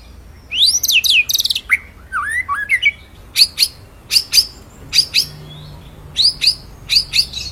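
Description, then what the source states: White-rumped shama song opening with sweeping whistled slurs, then a series of sharp high notes separated by short gaps. Masteran, a training song played for songbirds to learn; full rolling song with shooting phrases.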